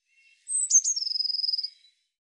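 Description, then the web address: Eurasian blue tit call: a thin high note, two short notes, then a rapid even buzzy trill, steady in pitch. "cianscape birddata Deverinetal 2025 File cleaned normalized Bird Cy Ca"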